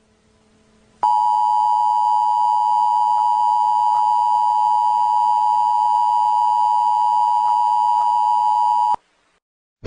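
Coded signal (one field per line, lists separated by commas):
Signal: Emergency Alert System (SAME) tones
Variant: 853 and 960 Hz attention tone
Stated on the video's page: Fictional EAS scenario, not a real alert.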